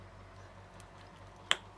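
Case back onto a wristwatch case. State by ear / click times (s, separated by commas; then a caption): seated / 1.5 s. A wristwatch case back is pressed onto the watch body over the battery. After a quiet stretch with a faint tick near 0.8 s, one sharp, bright click sounds at 1.5 s, showing the back has snapped on and is connected.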